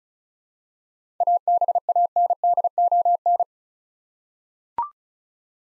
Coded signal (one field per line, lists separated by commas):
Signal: Morse code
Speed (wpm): 36 wpm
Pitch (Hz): 700 Hz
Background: none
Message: ABANDON